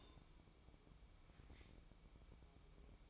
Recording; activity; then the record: daily activity, microphone in the room; take from stove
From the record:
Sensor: 1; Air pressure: 1008.2 hPa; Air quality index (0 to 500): 136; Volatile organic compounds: 2 ppm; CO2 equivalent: 1144 ppm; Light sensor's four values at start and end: 8/18/7/8 and 8/18/7/8